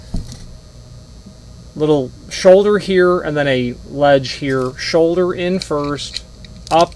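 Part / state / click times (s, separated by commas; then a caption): shelf support clip at shelf pilaster strip / not seated / none. A Knape & Vogt 237ZC zinc shelf support clip is held and positioned at a Knape 233ZC pilaster strip while someone talks. Two faint, brief handling ticks come near the start, at about 0.2 and 0.3 seconds. The clip has not been pushed home, and nothing has seated or clicked yet.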